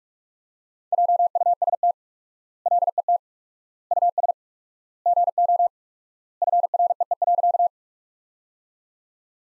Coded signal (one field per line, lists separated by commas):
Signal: Morse code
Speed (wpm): 46 wpm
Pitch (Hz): 700 Hz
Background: none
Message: JUST LET US GO FREE.